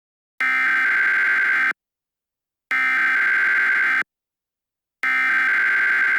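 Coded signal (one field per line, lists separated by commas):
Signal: Emergency Alert System (SAME) tones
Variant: header bursts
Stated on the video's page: Fictional hypothetical EAS scenario with simulated alert tones.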